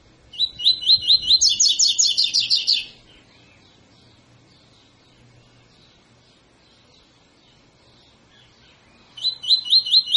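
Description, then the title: Double-collared seedeater song, a quick run of rhythmic high notes stepping up in pitch, followed by a long pause and the phrase starting again. Tutor song used for teaching young birds; the song style is called tui tui fibra. "COLEIRO TUI TUI FIBRA"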